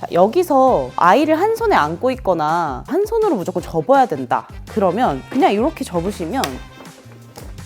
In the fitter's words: 락이 안 걸릴 수 있어요. 락이 안 걸리죠?